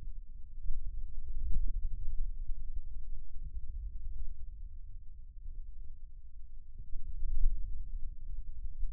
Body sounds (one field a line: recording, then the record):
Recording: forearm muscle sounds (acoustic myography)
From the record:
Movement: hand closing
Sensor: system 2, bracelet of six BSWA MPA416 microphones around the upper forearm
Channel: 1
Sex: male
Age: 22 years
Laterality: right